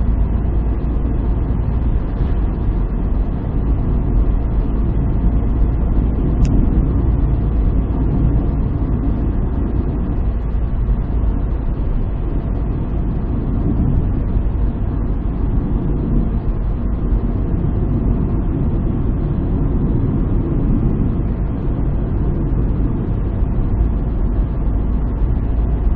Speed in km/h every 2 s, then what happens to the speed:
77, 75, 78, 77, 76, 75, 74, 74, 73, 74, 74, 75, 76.
0-26 steady at about 75.